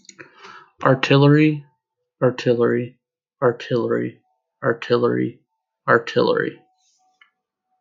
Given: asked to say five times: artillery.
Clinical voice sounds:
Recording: repeated word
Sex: male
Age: 20 to 29 years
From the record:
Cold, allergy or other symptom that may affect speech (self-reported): no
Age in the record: 24 years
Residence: Illinois, United States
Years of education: 12

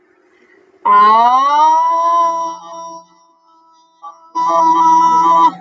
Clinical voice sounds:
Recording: vowel held as long as possible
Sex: female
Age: 30 to 39 years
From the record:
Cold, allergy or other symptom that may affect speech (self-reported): no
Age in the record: 36 years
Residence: Arizona, United States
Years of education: 21

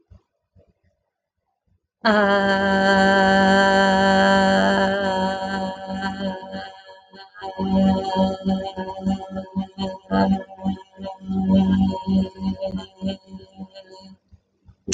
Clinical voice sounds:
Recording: vowel held as long as possible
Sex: female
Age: 30 to 39 years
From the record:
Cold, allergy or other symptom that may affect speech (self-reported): no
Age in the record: 32 years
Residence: Pennsylvania, United States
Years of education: 12

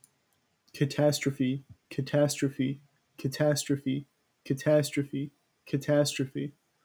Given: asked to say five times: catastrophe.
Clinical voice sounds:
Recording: repeated word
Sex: male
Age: 18 to 19 years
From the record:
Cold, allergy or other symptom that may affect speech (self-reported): no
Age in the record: 18 years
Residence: Massachusetts, United States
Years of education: 14

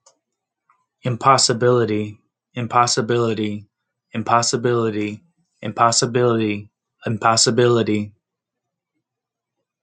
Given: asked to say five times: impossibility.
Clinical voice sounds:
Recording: repeated word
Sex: male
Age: 30 to 39 years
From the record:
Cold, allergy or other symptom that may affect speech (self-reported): no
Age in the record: 39 years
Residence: Georgia, United States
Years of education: 14

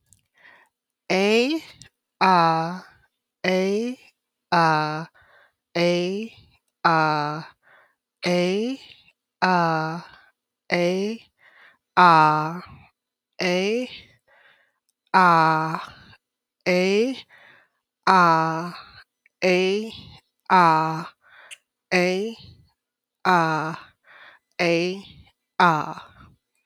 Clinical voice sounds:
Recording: vowel held as long as possible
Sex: female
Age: 30 to 39 years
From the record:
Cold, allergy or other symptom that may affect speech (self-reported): no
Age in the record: 37 years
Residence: Louisiana, United States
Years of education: 13

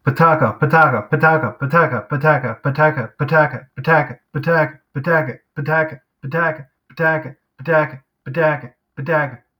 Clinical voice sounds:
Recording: repeated syllables /pa ta ka/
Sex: male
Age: 20 to 29 years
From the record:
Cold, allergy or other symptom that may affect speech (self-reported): no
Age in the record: 22 years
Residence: New York, United States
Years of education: 16

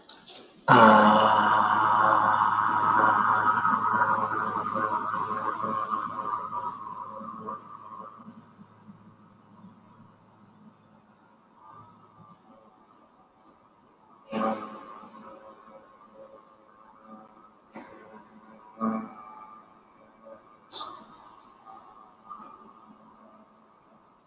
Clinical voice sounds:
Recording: vowel held as long as possible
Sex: male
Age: 30 to 39 years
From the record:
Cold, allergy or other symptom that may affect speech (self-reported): no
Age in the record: 35 years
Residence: Washington, United States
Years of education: 17

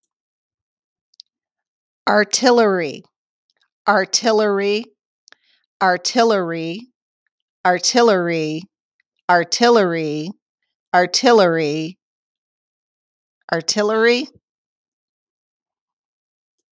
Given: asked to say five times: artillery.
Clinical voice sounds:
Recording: repeated word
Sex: female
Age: 50 to 59 years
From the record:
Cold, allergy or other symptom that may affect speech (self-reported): no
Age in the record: 58 years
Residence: Ohio, United States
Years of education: 14

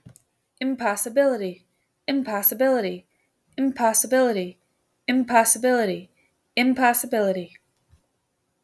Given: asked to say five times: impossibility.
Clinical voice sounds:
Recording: repeated word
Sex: female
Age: 30 to 39 years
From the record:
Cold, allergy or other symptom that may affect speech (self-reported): no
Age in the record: 36 years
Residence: Michigan, United States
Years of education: 14

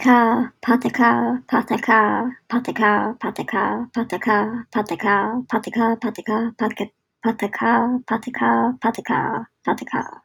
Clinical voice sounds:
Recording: repeated syllables /pa ta ka/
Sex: female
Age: 30 to 39 years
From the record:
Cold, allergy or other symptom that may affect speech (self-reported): no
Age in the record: 38 years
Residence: Maryland, United States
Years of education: 14

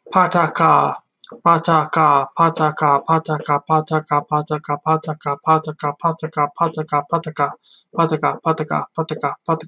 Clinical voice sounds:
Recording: repeated syllables /pa ta ka/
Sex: male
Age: 30 to 39 years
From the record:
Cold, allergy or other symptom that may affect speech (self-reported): no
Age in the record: 32 years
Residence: New Jersey, United States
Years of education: 12

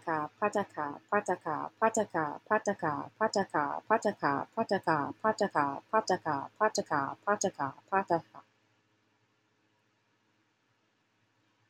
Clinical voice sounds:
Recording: repeated syllables /pa ta ka/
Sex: female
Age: 30 to 39 years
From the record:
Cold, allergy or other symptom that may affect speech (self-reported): no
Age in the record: 38 years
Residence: New York, United States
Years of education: 20

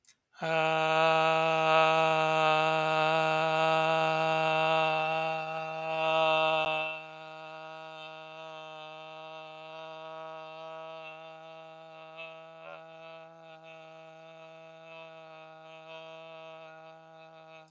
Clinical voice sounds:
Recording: vowel held as long as possible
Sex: male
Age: 30 to 39 years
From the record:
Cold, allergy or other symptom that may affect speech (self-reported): no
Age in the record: 32 years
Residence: Texas, United States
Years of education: 16

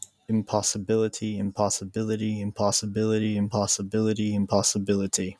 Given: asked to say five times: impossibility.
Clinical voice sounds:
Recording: repeated word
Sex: male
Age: 20 to 29 years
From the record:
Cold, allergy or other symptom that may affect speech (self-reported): no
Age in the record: 26 years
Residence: Maine, United States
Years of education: 17

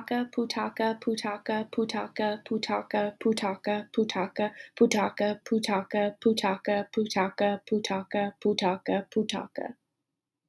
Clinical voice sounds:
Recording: repeated syllables /pa ta ka/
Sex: female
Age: 20 to 29 years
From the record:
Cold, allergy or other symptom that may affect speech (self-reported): no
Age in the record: 22 years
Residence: Alabama, United States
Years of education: 14

